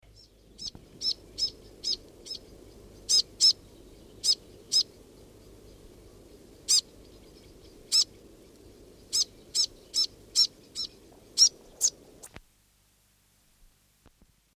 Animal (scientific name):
Rhipidura fuliginosa